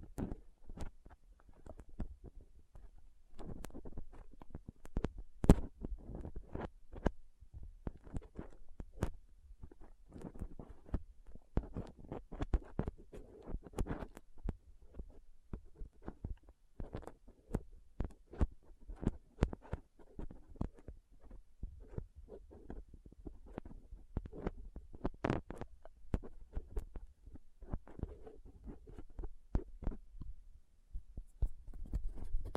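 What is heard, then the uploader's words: Soft, squishy and sticky handling sounds with crinkling run for the whole stretch, a dense, irregular stream of small snaps, pops and taps. Some louder sharp clicks stand out now and then, over a steady low hum underneath. Soft Squishy Sticky, Crinkle, Cutting Sounds.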